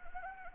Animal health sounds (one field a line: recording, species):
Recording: mosquito wingbeat signal from an infrared sensor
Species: Anopheles gambiae